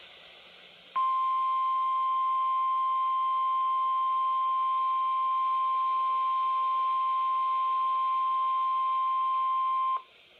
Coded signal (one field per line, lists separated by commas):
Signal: Emergency Alert System (SAME) tones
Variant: 1050 Hz attention tone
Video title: Slight Risk Fun | EAS Alerts 48-75